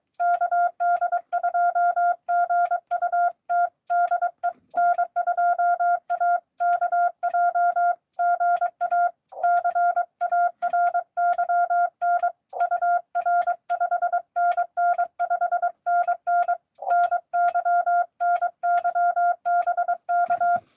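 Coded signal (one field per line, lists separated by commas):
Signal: Morse code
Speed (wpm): 23 wpm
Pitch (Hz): 690 Hz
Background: none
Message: KD2GUT DE N2AKJ GA CARYN UR 5NN 5NN NY NY BK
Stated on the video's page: Live Parks on the Air CW activation at a state park.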